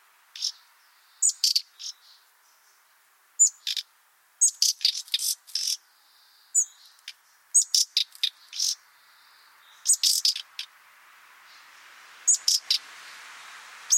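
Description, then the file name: Common nightingale calls: short, harsh clicking bursts in clusters of two to four, each opening with a thin high note, with a few soft whistles between them. "Luscinia megarhynchos"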